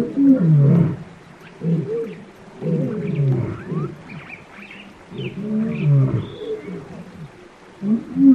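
Lion grunting: deep, harsh bursts with a strong low tone, coming in uneven bouts.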